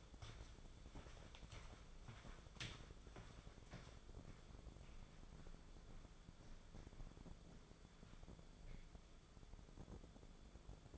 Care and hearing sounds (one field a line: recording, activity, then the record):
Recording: daily activity, microphone in the room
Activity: walk to room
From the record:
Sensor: 5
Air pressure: 1010.5 hPa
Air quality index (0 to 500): 109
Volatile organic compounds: 2 ppm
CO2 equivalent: 1072 ppm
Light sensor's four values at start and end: 697/1705/725/872 and 498/1296/533/618